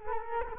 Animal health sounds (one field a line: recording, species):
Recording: mosquito wingbeat signal from an infrared sensor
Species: Culex quinquefasciatus